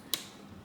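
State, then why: Seated. A modular power supply cable connector is pushed into its socket on the power supply during a first PC build, where such cables usually feel mushy and don't click. A sharp, bright tick sounds at 0.1 s, followed by a much fainter tick near 0.7 s. The connector is seated with a confirmed click.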